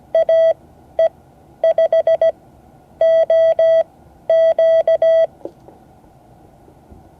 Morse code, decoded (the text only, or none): AE5OQ